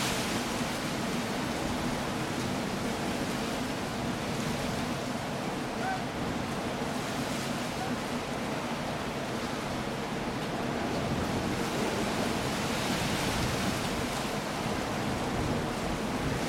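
Waves pound the shore in a dense, steady wash of rushing water, with a low rumble underneath and a slight surge near thirteen seconds.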